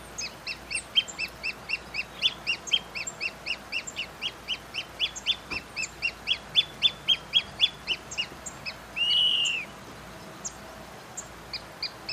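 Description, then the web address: Pearl kite giving a long series of thin, high chip notes at about four per second, broken once by a louder arched whistle before the notes resume. "Pearl kite. صدای-پرنده-کورکور-مرواریدی"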